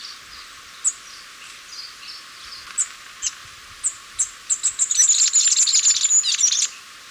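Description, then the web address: Masked flowerpiercer song: scattered high chips lead into a fast, dense, high twittering phrase with a thin whistled line running through it. Ecuador. "Birds of Ecuador. Masked Flowerpiercer"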